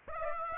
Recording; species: mosquito wingbeat signal from an infrared sensor; Aedes aegypti